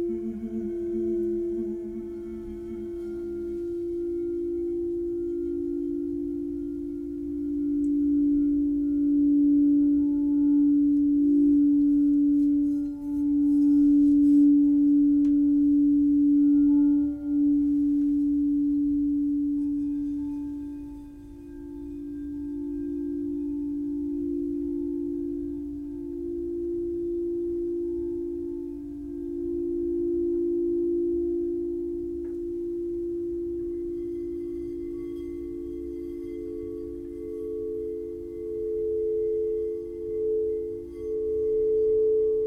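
Tibetan singing bowls hum in a long, steady low-mid drone, their tones swelling and wavering without pause across the whole clip. Brief dips come around the middle, and near the end a higher bowl tone rises and joins the held ring.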